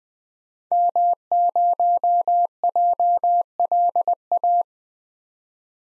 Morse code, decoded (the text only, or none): M0JLA